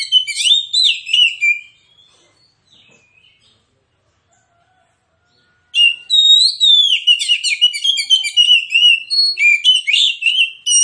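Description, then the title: Magpie-robin song: an energetic whistled phrase, a pause of a few seconds, then a long, fast outpouring of varied chirps, slurs and trills. Kacer song, insistent with full 'tembakan' bursts, meant to trigger an immediate fighting response and as therapy for kacer reluctant to sing. "Kacer Langsung Tarung Konslet KACER NGOTOT FULL TEMBAKAN. Kicau Kacer santaiterapi Kacer males bunyi"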